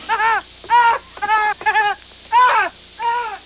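Peewee calls: loud, nasal, arched notes given in a series of six, with rich harmonics and short pauses between.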